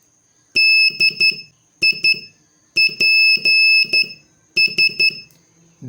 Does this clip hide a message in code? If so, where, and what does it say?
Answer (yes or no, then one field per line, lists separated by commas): yes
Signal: Morse code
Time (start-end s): 0.6-5.1 s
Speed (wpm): 12 wpm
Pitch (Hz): 2600 Hz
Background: none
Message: DIPS